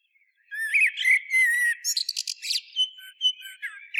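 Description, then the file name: Common blackbird song with mellow whistled phrases near the start, followed by scratchy high twitters and short clear whistles. "Turdus merula"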